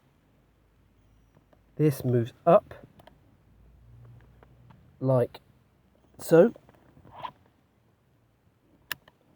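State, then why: Released. A new, not-yet-fitted VW rear door lock mechanism is worked by moving its inside-handle cable arm up while someone talks. Small handling noises follow, then a sharp click at 8.9 s as the lock releases open.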